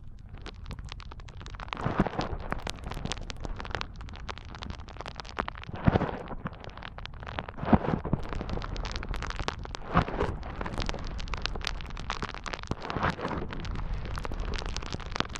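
Dense foam crackling and fizzing continues throughout, made of countless tiny pops like rain on a surface. Louder squishing swells rise every two seconds or so, near 2, 6, 8, 10 and 13 seconds, over a low steady rumble.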